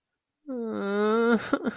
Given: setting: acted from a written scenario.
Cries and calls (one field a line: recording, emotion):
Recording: vocal sound without words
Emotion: sadness